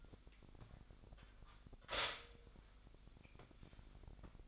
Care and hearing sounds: daily activity, microphone in the room; stop toaster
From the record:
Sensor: 5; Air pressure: 1002.0 hPa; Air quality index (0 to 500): 205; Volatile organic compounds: 19 ppm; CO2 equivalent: 2646 ppm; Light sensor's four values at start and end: 34/109/42/44 and 34/108/41/44

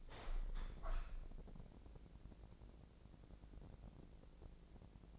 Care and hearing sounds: daily activity, microphone in the room; open window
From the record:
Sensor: 5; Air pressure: 1012.4 hPa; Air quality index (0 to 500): 159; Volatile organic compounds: 2 ppm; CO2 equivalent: 1080 ppm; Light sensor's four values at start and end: 111/268/113/126 and 111/268/113/126

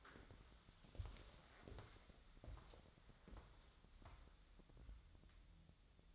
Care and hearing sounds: daily activity, microphone in the room; walk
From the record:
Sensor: 3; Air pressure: 1015.3 hPa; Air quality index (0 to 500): 124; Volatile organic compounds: 5 ppm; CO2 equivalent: 1754 ppm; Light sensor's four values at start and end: 16/42/17/18 and 15/40/16/17

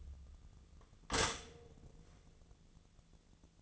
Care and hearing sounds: daily activity, microphone in the room; stop toaster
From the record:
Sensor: 4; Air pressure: 1001.0 hPa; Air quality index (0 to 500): 163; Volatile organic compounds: 2 ppm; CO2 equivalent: 1186 ppm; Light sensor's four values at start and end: 17/40/17/18 and 16/36/15/16

